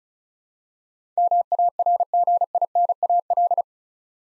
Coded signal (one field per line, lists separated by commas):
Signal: Morse code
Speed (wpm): 36 wpm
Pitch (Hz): 700 Hz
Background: none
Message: MARGINAL